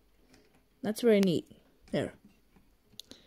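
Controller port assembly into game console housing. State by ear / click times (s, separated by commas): seated / 3.0 s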